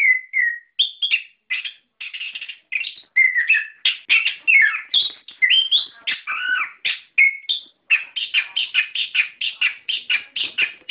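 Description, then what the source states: Songbird singing a dense, chattering song of buzzy notes and downslurred whistles, almost without break. Masteran song for training cage birds.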